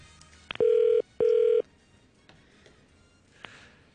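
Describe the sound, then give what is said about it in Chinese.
Two long buzzing telephone ring tones, each about half a second, separated by a short gap, heard on an outgoing call made from a Hong Kong radio station to a listener at Lunar New Year, with faint line noise and a small click afterward. “嗱，我转咗个人打，我睇下呢个会唔会听先。”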